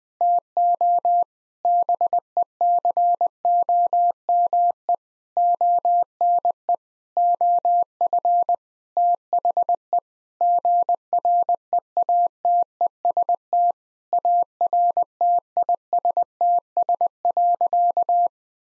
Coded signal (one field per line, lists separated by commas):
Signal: Morse code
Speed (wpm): 19 wpm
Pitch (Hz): 700 Hz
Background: none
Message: TO BECOME ONE OF THE GREATEST ARTISTS.